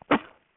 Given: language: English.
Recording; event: throat vibration sensor signal played as sound; cough